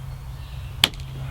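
During disassembly of a Ruger MkIII 22/45 .22 pistol, a takedown part is pushed with the thumb until it pops free to separate the upper from the frame. A single loud, sharp pop at 0.8 s, followed by two faint ticks at 0.9 s and 1.0 s, over a steady low hum. The part releases and the pistol comes apart.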